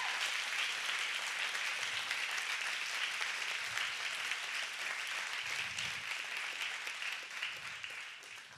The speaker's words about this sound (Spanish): Dale un aplauso, dáselo fuerte.